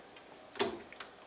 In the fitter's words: while here switch the extruder to unlock